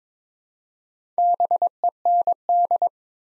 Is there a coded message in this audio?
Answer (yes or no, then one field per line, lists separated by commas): yes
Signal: Morse code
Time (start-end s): 1.2-2.9 s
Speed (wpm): 23 wpm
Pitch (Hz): 700 Hz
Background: none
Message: BEND